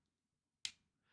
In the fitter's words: of the the C it's got a very pleasing and positive click if you're a person that compulsively does this you might